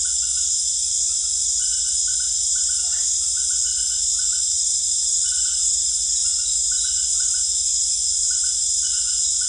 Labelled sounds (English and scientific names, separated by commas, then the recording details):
none
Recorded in secondary vegetation near Puerto Asís, Putumayo, Colombia, on 20 December 2024 at 19:00
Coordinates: 0.488, -76.319
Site GP04